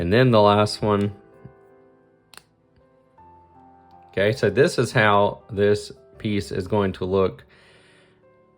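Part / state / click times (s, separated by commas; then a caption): fused bead T-piece into bead base panel / seated / 2.4 s. Someone talks over background music, then pushes the last fused plastic bead T-piece into the bead base panel, and a sharp click is heard at 2.4 s as it seats. The talking then resumes.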